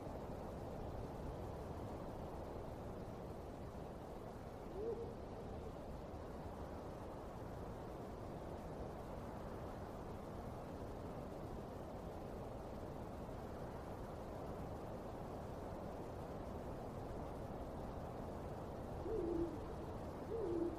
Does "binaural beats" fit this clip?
no